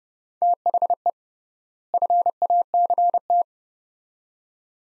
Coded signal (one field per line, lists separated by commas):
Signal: Morse code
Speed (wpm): 30 wpm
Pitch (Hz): 700 Hz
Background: none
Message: THE FACT